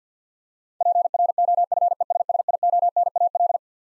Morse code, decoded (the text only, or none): PROFESSIONAL